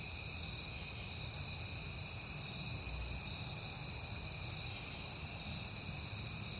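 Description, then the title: Dense cricket chirping holds a steady high pitch throughout, accompanied by a soft low rumble. Crickets recorded at night in September, heard often lately, on a peaceful night. "Night Time: Crickets and Passing Cars"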